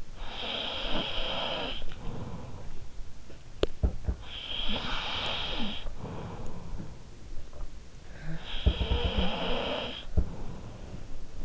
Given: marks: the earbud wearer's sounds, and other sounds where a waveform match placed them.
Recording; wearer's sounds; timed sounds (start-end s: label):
sounds in sleep by an in-ear microphone; snoring breath
0.00-3.19 s: snoring breath
3.82-4.31 s: sound from someone else or the room
8.39-11.45 s: snoring breath
10.80-11.45 s: sound from someone else or the room